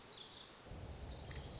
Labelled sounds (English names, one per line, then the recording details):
Lazuli Bunting
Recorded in Sonoma County, California